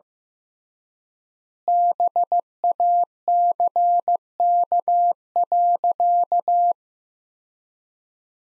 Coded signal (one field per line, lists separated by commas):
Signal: Morse code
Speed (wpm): 15 wpm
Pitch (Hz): 700 Hz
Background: none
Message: BACK.